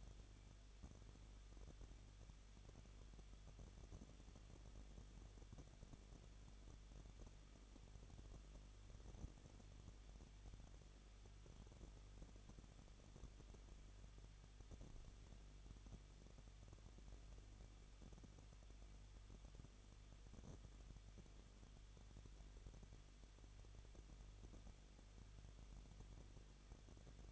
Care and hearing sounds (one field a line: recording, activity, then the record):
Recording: daily activity, microphone in the room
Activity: no activity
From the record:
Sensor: 4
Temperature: 23.0 degrees Celsius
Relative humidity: 34.3%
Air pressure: 1007.3 hPa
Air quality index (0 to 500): 217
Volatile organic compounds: 15 ppm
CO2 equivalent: 2515 ppm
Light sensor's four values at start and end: 2/3/1/1 and 2/3/1/1